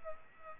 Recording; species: mosquito wingbeat signal from an infrared sensor; Aedes aegypti